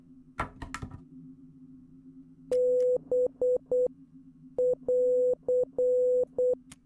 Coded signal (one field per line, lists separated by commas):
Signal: Morse code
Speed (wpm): 8 wpm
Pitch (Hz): 500 Hz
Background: none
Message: B<AR>